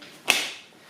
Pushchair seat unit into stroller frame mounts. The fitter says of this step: Hear the click.